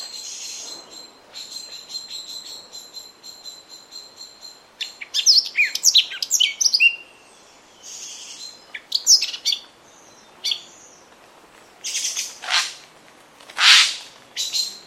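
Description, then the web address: Bird calls, a mix of high thin whistles, rapid sharp chirps and a few harsh rasping notes. "cianscape. Deverinetal 2025. Bird Only"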